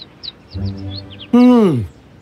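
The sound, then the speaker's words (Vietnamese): A small young bird gives a quick run of faint, high-pitched chirps, followed by a steady low hum and then a loud, sliding call that falls in pitch and fades out. “khi Jordan đang đứng ngoài trời buồn bã ngắm nhìn đồng ruộng, thì anh nghe thấy một tiếng kêu quen thuộc”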